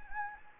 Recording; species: mosquito wingbeat signal from an infrared sensor; Anopheles gambiae